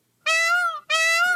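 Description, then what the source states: Indian peafowl calls: two loud, nasal, wailing cries in quick succession, each held steady and rich in harmonics. Feral peacocks in East Pasadena, Southern California, that wake the neighborhood most mornings.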